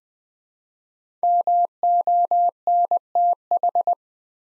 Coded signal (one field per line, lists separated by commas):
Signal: Morse code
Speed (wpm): 20 wpm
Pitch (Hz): 700 Hz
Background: none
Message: MONTH